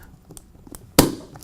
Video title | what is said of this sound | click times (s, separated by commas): How To Install A Cat6 Computer Jack | first thing you do is you hear that snap that's why it's called punch down | 1.0 s